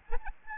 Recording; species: mosquito wingbeat signal from an infrared sensor; Aedes albopictus